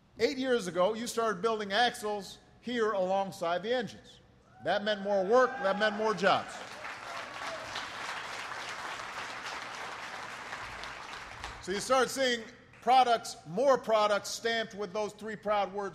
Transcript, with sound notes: Eight years ago, you started building axles here alongside the engines. That meant more work. That meant more jobs. (Applause.) So you started seeing products -- more products stamped with those three proud words: